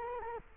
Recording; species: mosquito wingbeat signal from an infrared sensor; Culex quinquefasciatus